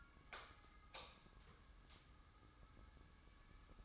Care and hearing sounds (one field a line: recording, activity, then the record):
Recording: daily activity, microphone in the room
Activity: light off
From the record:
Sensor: 3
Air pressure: 994.4 hPa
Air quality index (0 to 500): 212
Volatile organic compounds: 1000 ppm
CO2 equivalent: 7093 ppm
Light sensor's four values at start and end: 211/511/215/215 and 208/501/212/211